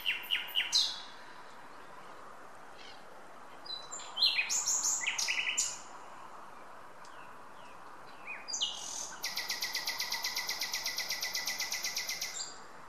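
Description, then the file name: Common nightingale song: varied phrases of sharp notes and whistles, ending in a long, very fast, even trill of repeated notes. "Luscinia megarhynchos"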